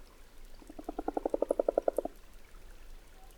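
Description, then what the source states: Common frog giving one rapid, low purring croak series lasting over a second, swelling then stopping abruptly, over quiet background hiss. Late February, Valdrôme forest, Diois, by a temporary forest pond; frogs just emerged after a cold winter; recorded with Nagra Ares BB+ and DPA6007.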